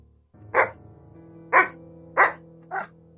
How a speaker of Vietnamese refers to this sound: Tiếng chó sủa vang lên. Từ bên trong, một con chó trắng hếu, tai dài, mắt xanh, mũi đỏ lập tức lao ngay ra. Nó nhìn tôi, sủa lên mấy tiếng rồi phóng qua hàng rào rồi chạy mất.